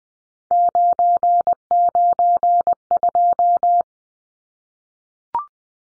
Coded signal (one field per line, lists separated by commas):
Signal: Morse code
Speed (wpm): 20 wpm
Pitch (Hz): 700 Hz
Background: none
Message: 992